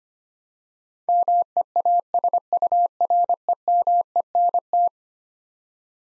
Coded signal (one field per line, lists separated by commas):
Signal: Morse code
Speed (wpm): 25 wpm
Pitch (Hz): 700 Hz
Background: none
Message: MEASUREMENT